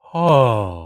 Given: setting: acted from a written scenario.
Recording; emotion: vocal sound without words; realization